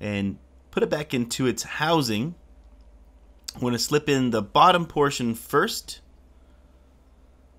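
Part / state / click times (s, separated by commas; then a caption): phone assembly into rear housing / not seated / none. An HTC One A9 phone is being put back into its rear housing, with the bottom portion slipped in first. Someone talks over a low steady hum, with faint handling between phrases. Nothing has snapped or clicked into place yet.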